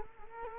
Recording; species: mosquito wingbeat signal from an infrared sensor; Culex quinquefasciatus